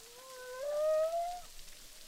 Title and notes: humpback whales, boucan canot, ile de la reunion. enregistré avec un hydrophone